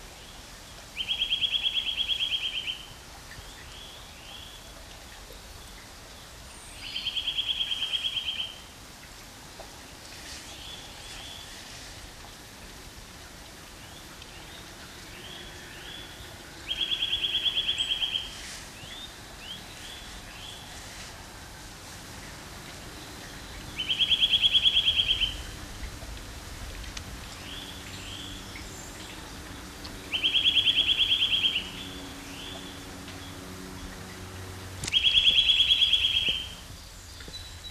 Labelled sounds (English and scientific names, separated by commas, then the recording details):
Eurasian Nuthatch (Sitta europaea) song
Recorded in the wild
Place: Locarno, Tessin, CH
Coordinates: 46.1872, 8.7925
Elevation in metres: 1033
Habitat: mountains
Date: 1978-03-10
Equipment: Uher 4000
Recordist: Tretzel, Erwin